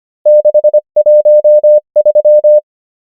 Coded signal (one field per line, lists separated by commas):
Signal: Morse code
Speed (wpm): 25 wpm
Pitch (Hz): 600 Hz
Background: none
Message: 6 1 3